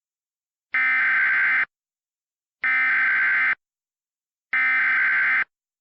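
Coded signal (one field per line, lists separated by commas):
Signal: Emergency Alert System (SAME) tones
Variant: header bursts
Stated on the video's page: Compilation of real EAS alerts, with valid tones, issued during Tropical Storm Imelda flooding in southeastern Texas.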